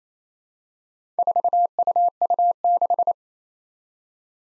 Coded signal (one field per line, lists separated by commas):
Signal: Morse code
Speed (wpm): 27 wpm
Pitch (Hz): 700 Hz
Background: none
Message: 4UU6